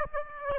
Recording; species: mosquito wingbeat signal from an infrared sensor; Aedes aegypti